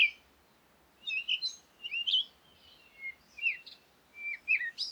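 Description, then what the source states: Birds chirping in short, separated bursts of high slurred notes, with a steady low hiss of wind-like noise throughout. Recorded at Komati, Africa, in the morning with wind; birds close.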